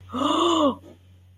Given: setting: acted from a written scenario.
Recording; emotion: vocal sound without words; awe